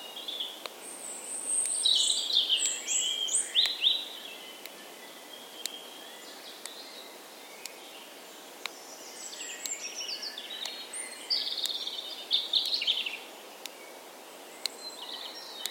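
Birdsong fills an ancient woodland: bright chirps and warbling phrases come in bursts around two to four seconds and again near eleven to thirteen seconds. Sharp regular clicks, like a ticking clock, tap through the clip over a soft, steady hiss.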